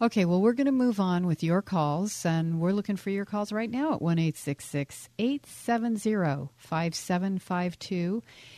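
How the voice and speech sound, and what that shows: Clear, fluent adult speech at an easy pace with steady, smooth voicing; an ordinary normal voice of a radio host.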